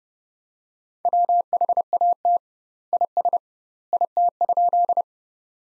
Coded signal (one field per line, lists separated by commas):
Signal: Morse code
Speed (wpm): 30 wpm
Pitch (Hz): 700 Hz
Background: none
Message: WHAT IS IT?